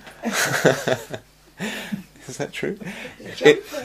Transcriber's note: laughter